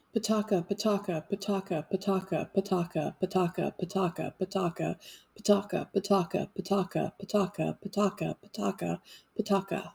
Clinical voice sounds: repeated syllables /pa ta ka/; female; 40 to 49 years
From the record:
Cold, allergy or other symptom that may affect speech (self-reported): no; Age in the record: 49 years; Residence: North Carolina, United States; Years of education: 16

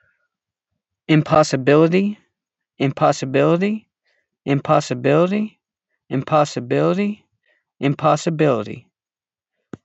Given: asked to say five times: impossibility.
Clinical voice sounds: repeated word; male; 30 to 39 years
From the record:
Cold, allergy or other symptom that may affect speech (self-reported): no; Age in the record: 34 years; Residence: New Jersey, United States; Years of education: 12

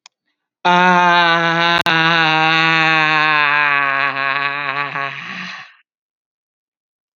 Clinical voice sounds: vowel held as long as possible; female; 60 to 69 years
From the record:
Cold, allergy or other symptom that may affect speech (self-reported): no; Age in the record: 60 years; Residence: Virginia, United States

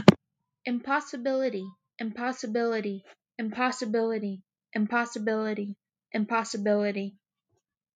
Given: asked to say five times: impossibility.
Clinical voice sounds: repeated word; male; 20 to 29 years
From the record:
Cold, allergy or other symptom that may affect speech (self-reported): no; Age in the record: 21 years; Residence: Indiana, United States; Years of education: 13

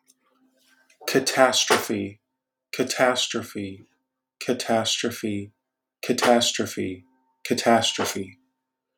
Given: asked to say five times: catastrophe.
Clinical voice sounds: repeated word; male; 30 to 39 years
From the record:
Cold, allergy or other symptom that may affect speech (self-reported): no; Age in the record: 30 years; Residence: Georgia, United States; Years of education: 14

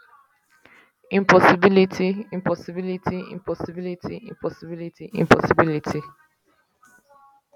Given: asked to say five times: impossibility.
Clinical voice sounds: repeated word; female; 20 to 29 years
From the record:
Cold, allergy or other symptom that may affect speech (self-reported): no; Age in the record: 25 years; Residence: California, United States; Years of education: 16

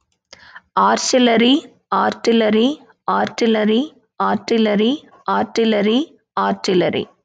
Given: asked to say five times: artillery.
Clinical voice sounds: repeated word; female; 30 to 39 years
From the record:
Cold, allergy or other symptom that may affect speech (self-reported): no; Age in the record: 30 years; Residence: Georgia, United States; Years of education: 18

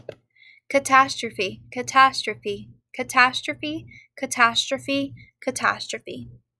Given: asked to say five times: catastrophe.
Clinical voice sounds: repeated word; female; 18 to 19 years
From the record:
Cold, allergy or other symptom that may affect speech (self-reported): no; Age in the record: 18 years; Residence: Indiana, United States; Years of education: 14

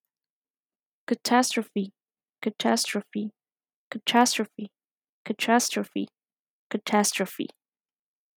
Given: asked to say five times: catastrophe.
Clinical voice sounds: repeated word; female; 30 to 39 years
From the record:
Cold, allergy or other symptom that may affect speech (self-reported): no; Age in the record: 34 years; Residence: West Virginia, United States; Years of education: 18

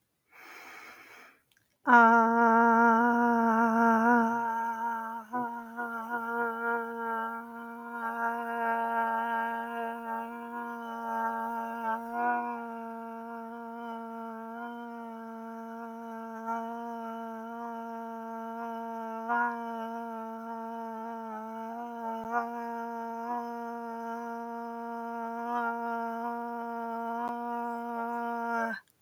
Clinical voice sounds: vowel held as long as possible; female; 30 to 39 years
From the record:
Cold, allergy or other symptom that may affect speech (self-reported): no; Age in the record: 34 years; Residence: Nevada, United States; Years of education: 16

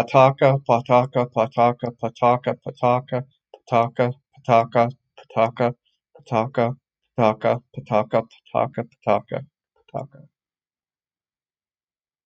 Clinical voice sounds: repeated syllables /pa ta ka/; male; 30 to 39 years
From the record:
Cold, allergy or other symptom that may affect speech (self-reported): no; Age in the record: 36 years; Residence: Minnesota, United States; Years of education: 14

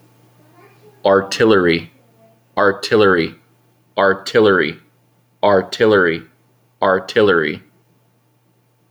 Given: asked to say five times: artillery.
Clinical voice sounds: repeated word; male; 30 to 39 years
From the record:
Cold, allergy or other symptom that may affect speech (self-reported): no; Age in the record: 34 years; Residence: California, United States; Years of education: 12

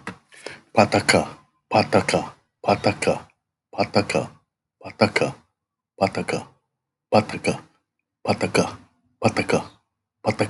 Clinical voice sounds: repeated syllables /pa ta ka/; male; 50 to 59 years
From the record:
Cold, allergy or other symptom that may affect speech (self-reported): no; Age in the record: 56 years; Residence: Hawaii, United States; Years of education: 17

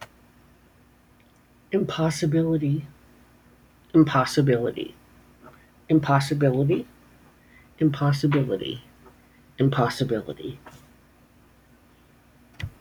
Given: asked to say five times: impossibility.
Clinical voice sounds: repeated word; female; 60 to 69 years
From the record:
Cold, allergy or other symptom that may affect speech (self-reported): no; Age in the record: 63 years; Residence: Virginia, United States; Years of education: 18

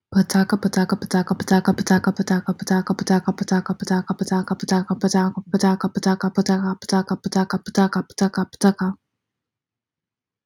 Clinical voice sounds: repeated syllables /pa ta ka/; female; 20 to 29 years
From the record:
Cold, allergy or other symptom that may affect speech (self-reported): no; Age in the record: 23 years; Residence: Georgia, United States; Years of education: 18

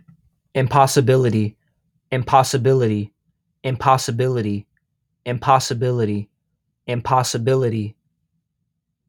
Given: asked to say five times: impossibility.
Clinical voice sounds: repeated word; male; 18 to 19 years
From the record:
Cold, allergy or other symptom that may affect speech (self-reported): no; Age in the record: 19 years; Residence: Illinois, United States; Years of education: 13

